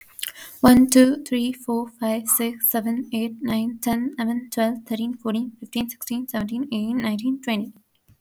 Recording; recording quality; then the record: counting at a fast pace; excellent, no background noise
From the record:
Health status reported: healthy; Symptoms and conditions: breathing difficulty, sore throat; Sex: female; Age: 21 years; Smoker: no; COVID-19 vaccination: both doses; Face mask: not worn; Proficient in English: yes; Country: India